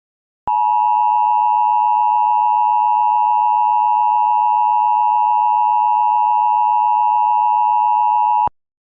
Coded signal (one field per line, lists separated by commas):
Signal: Emergency Alert System (SAME) tones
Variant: 853 and 960 Hz attention tone